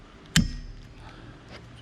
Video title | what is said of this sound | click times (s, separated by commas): EASY way to CLEAN your ENGINE BAY! Chevy COLORADO Maintenance. Replace THIS easily broken part! | grab onto this part here and then you just pull up on it until you hear it snap into place just like that | 0.4 s